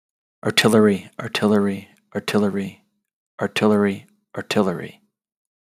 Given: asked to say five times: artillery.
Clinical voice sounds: repeated word; male; 30 to 39 years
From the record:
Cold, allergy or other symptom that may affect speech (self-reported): no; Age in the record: 33 years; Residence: Virginia, United States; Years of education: 18

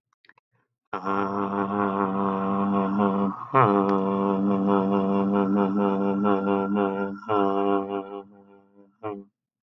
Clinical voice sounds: vowel held as long as possible; male; 30 to 39 years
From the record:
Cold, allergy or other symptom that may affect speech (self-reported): no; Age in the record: 31 years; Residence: United States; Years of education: 16

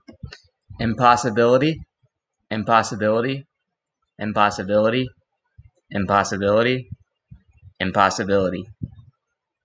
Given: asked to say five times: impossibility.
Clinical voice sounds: repeated word; male; 30 to 39 years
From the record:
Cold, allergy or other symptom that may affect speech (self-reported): yes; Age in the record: 33 years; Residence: Georgia, United States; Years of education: 18

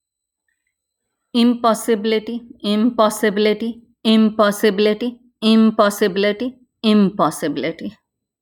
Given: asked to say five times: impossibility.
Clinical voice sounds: repeated word; female; 50 to 59 years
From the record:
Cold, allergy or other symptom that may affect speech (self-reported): no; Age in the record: 54 years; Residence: Virginia, United States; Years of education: 17

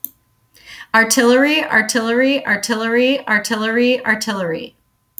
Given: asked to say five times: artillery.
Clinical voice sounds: repeated word; female; 40 to 49 years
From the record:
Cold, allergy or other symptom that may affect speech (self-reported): no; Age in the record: 47 years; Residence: Florida, United States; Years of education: 16

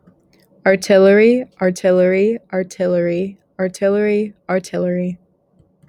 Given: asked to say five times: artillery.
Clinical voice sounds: repeated word; female; 18 to 19 years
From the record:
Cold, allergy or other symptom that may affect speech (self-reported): no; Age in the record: 19 years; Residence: Kansas, United States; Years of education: 13

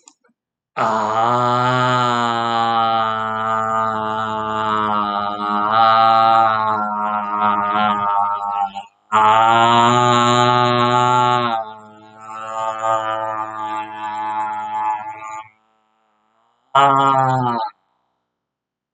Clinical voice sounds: vowel held as long as possible; male; 40 to 49 years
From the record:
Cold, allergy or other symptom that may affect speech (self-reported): no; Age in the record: 45 years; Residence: United States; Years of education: 16

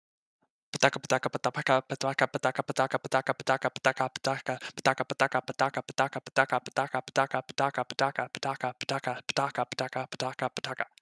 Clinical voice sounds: repeated syllables /pa ta ka/; male; 20 to 29 years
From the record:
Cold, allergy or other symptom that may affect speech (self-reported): no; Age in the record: 27 years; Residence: California, United States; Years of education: 18

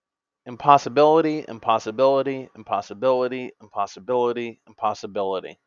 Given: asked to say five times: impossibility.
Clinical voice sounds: repeated word; male; 20 to 29 years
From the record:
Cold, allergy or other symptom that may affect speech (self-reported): no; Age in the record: 28 years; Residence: Massachusetts, United States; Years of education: 12

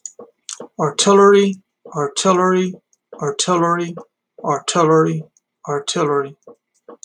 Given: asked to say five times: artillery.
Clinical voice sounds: repeated word; male; 30 to 39 years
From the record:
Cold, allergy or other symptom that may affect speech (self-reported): no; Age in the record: 32 years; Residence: New Jersey, United States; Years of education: 12

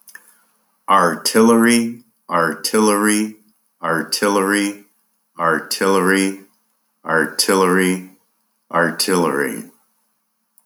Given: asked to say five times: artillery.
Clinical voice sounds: repeated word; male; 60 to 69 years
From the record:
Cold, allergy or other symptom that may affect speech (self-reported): no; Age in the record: 68 years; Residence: New Mexico, United States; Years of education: 19

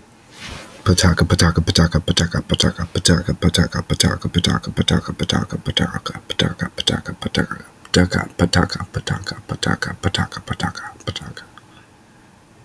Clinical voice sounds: repeated syllables /pa ta ka/; male; 20 to 29 years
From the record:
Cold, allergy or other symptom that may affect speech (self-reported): no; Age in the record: 22 years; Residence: North Carolina, United States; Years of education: 16

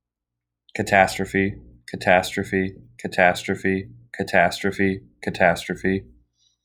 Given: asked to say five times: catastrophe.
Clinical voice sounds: repeated word; male; 18 to 19 years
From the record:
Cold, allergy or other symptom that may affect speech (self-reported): no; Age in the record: 19 years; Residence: Missouri, United States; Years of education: 13

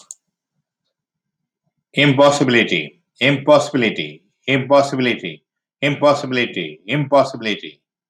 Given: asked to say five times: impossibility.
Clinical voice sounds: repeated word; male; 60 to 69 years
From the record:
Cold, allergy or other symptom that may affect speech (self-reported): no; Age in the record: 64 years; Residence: California, United States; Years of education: 18

